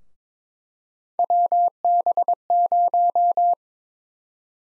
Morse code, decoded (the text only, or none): WB0